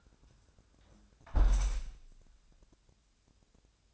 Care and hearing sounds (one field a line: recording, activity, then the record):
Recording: daily activity, microphone in the room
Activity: close window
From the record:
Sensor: 2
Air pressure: 1000.3 hPa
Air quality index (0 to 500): 132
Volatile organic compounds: 2 ppm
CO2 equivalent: 1102 ppm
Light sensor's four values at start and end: 12/31/12/14 and 11/30/12/13